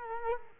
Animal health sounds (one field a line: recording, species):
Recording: mosquito wingbeat signal from an infrared sensor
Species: Culex quinquefasciatus